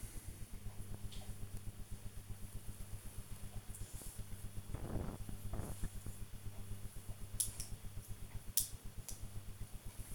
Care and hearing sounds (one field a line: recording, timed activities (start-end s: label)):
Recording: household activities, microphone on the right wrist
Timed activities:
0.00-10.15 s: building with lego